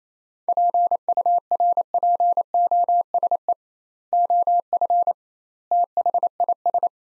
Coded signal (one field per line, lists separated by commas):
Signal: Morse code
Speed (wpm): 28 wpm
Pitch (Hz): 700 Hz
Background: none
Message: PURPOSE OF THIS